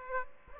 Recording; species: mosquito wingbeat signal from an infrared sensor; Aedes aegypti